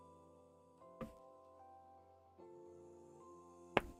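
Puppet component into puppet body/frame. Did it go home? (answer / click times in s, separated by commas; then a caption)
yes / 3.8 s. A puppet part is pushed with some effort into the body of a Fraggle-style puppet being built, while music plays in the background. A softer knock comes at 1.0 s, then a sharp, loud snap at 3.8 s as the part seats into place, a snap felt as much as heard.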